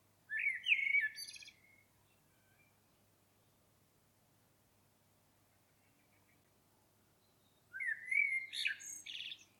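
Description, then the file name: Common blackbird song: two separate fluted warbling phrases, each ending in a high squeaky twitter, several seconds apart with quiet between. "Turdus merula"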